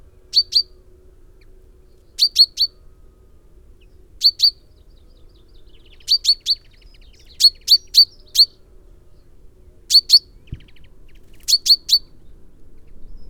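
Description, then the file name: Common chaffinch calls: short, sharp metallic notes in quick pairs and triplets, repeated about every one to two seconds over a faint low hum. "Fringilla coelebs"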